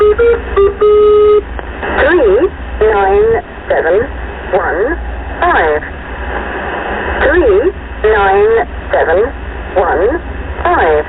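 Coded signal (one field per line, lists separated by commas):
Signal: numbers station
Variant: Lincolnshire Poacher, English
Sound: a brief tone, then a synthetic voice reading digits evenly over radio static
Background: radio static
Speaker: named after the English folk song it plays it caught the attention of shortwave radio enthusiasts and spooked folks for decades it stopped broadcasting in 2008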